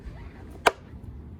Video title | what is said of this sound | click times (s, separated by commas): how to clean Throtle 2013 Chevy Equinox 2.4 ecotec | make sure you're just going to push it back in and it's going to do a little click | 0.7 s